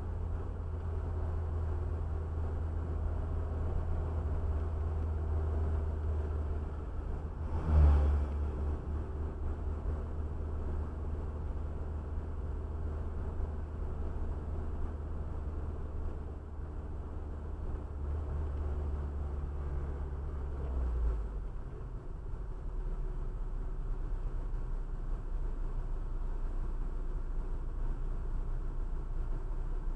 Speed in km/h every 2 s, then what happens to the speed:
51, 48, 48, 46, 46, 46, 46, 46, 46, 44, 41, 38, 36, 36, 35.
0-16 steady at about 46. 16-24 slows to 36. 24-30 steady at about 36.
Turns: none.